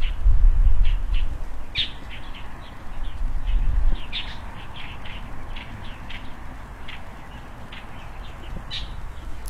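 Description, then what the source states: Small birds twittering: quick, high, clipped notes in loose runs, fairly busy throughout, with a low rumbling hum underneath. Birds frolicking on branches in front of a rural country house, early morning, heard through an opened window; calm, peaceful scene.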